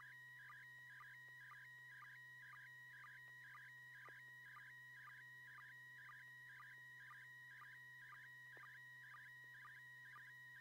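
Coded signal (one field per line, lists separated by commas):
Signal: SSTV (slow-scan television)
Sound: steady warbling tone around 1.9 kHz, broken by short low sync blips twice a second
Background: steady hum tones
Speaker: TV net this net serves for training and practice in image transmission modes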